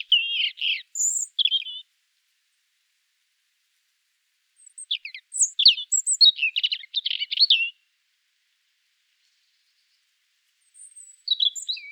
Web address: erithacus rubecula call